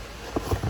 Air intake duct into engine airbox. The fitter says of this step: it just slides into the airbox like that and you should hear a small snap and there you go everything is back together